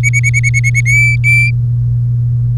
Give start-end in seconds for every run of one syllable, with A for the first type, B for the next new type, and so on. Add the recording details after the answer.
0.03-0.81 A, 0.85-1.50 B. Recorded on 3 May 2018 at 14:32. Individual llb3